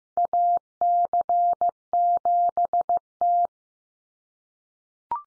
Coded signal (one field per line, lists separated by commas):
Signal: Morse code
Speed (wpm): 15 wpm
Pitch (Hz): 700 Hz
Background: none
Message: AC7T